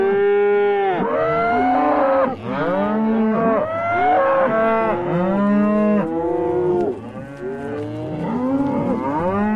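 Cow: several cattle lowing together, long moaning moos that rise then sag, overlapping roughly every second or two.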